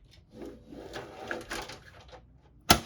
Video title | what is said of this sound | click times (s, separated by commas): PC CASE UPGRADE!! (Cooler Master MasterBox TD500 Mesh) | There you go. There's a click. That means it's fully in place. | 2.7 s